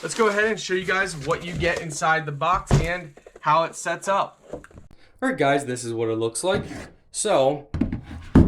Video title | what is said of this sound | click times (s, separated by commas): Unboxing:AmazerBath 7 Inches Bamboo Toilet Stool for Bathroom, Collapsible Poop Stool, Natural Color | what you do you lift the legs there's different uh levels that you can have it at you can kind of hear it click | 8.4 s